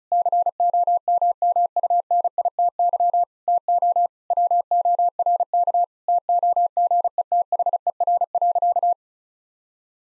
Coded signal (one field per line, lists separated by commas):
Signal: Morse code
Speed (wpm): 36 wpm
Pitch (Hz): 700 Hz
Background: none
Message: COMMUNITY TO WORK TOGETHER.